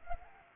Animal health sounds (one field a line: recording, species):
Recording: mosquito wingbeat signal from an infrared sensor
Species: Anopheles arabiensis